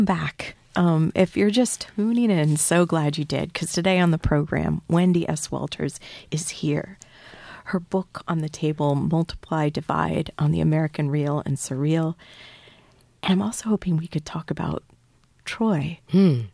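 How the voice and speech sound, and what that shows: Fluent, clear adult speech of a radio host welcoming listeners back to the program and introducing a guest and her book, with a steady voice, natural pauses and no disorder.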